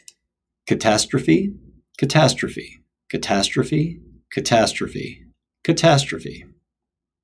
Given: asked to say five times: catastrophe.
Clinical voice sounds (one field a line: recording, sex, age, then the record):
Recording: repeated word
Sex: male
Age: 40 to 49 years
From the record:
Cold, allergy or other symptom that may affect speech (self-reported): no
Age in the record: 45 years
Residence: Washington, United States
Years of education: 22